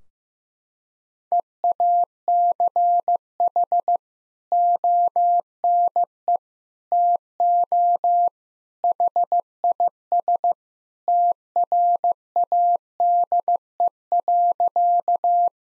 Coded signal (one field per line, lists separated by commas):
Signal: Morse code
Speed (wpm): 15 wpm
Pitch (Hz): 700 Hz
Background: none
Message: EACH ONE TO HIS TRADE.